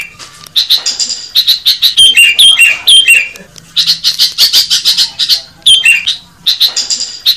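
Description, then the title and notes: Songbird chatter, loud, dense and continuous, packed with sharp chirps, squeaky whistles and buzzy trills, with several phrases repeated in quick succession. Compiled for teaching songbirds to sing. "Kumpulan Masteran Burung"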